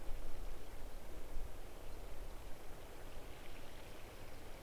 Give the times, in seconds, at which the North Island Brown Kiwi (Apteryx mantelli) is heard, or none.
none